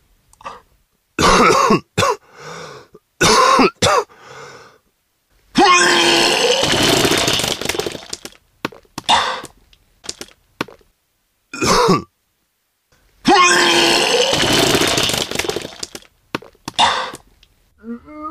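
Vomiting sounds: short hacking coughs and gags, then two long, rough, strained heaves around six and fourteen seconds, each trailing into gurgling splutters. Silent gaps separate the fits, and there is no background noise.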